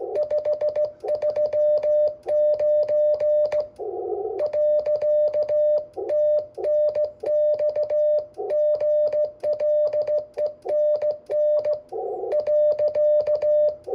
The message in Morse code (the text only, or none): 539 . TNX GLENN .